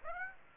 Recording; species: mosquito wingbeat signal from an infrared sensor; Aedes aegypti